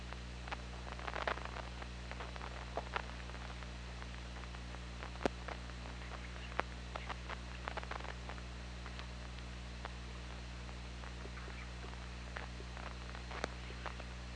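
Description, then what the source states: Killer whale clicks in sparse uneven trains with occasional sharp loud pops, set against constant low hum and hiss. Recorded on the OrcaLab hydrophone on 24 August 2017 at 21:28.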